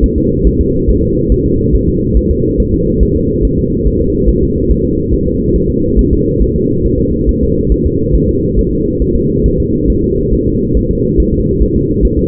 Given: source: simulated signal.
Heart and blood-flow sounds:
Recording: fetal heart sounds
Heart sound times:
0.04 s: S1
0.18 s: S2
0.47 s: S1
0.61 s: S2
0.90 s: S1
1.03 s: S2
1.32 s: S1
1.46 s: S2
1.75 s: S1
1.89 s: S2
2.17 s: S1
2.31 s: S2
2.60 s: S1
2.74 s: S2
3.03 s: S1
3.17 s: S2
3.45 s: S1
3.59 s: S2
3.87 s: S1
4.01 s: S2
4.29 s: S1
4.43 s: S2
4.71 s: S1
4.86 s: S2
5.14 s: S1
5.28 s: S2
5.56 s: S1
5.70 s: S2
5.99 s: S1
6.13 s: S2
6.42 s: S1
6.56 s: S2
6.86 s: S1
7.00 s: S2
7.29 s: S1
7.43 s: S2
7.72 s: S1
7.86 s: S2
8.15 s: S1
8.29 s: S2
8.59 s: S1
8.73 s: S2
9.02 s: S1
9.16 s: S2
9.46 s: S1
9.60 s: S2
9.90 s: S1
10.04 s: S2
10.34 s: S1
10.47 s: S2
10.77 s: S1
10.91 s: S2
11.20 s: S1
11.34 s: S2
11.62 s: S1
11.76 s: S2
12.05 s: S1
12.19 s: S2
From the record:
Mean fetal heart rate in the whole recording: 140 bpm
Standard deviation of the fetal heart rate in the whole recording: 2 bpm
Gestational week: 34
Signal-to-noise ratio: -10.2 dB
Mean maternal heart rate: 72 bpm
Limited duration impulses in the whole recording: present

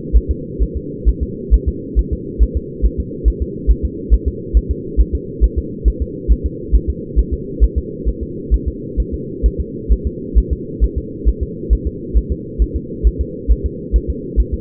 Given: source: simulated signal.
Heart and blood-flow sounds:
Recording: fetal heart sounds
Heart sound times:
0.17 s: S1
0.31 s: S2
0.63 s: S1
0.77 s: S2
1.09 s: S1
1.23 s: S2
1.54 s: S1
1.69 s: S2
1.99 s: S1
2.13 s: S2
2.43 s: S1
2.57 s: S2
2.86 s: S1
3.00 s: S2
3.28 s: S1
3.42 s: S2
3.71 s: S1
3.85 s: S2
4.14 s: S1
4.28 s: S2
4.57 s: S1
4.71 s: S2
5.01 s: S1
5.15 s: S2
5.44 s: S1
5.59 s: S2
5.88 s: S1
6.02 s: S2
6.32 s: S1
6.46 s: S2
6.75 s: S1
6.90 s: S2
7.19 s: S1
7.34 s: S2
7.64 s: S1
7.78 s: S2
8.09 s: S1
8.23 s: S2
8.54 s: S1
8.68 s: S2
9.00 s: S1
9.14 s: S2
9.46 s: S1
9.60 s: S2
9.92 s: S1
10.07 s: S2
10.38 s: S1
10.53 s: S2
10.84 s: S1
10.98 s: S2
11.29 s: S1
11.43 s: S2
11.73 s: S1
11.87 s: S2
12.17 s: S1
12.32 s: S2
12.62 s: S1
12.76 s: S2
13.07 s: S1
13.21 s: S2
13.52 s: S1
13.66 s: S2
13.96 s: S1
14.10 s: S2
14.40 s: S1
14.54 s: S2
From the record:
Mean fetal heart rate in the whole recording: 135 bpm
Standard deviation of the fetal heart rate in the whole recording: 3 bpm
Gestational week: 34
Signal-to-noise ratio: -4.1 dB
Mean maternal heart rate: no maternal heart sound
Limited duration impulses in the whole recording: absent

